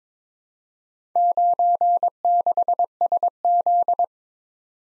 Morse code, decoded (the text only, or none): 96SZ